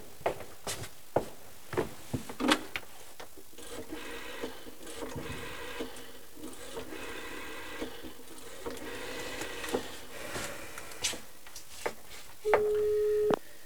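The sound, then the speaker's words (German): A telephone being dialed: a run of sharp, irregular clicks and mechanical rattling, then a steady, low-pitched line tone that holds through the final second. “Wo ist das Telefon?”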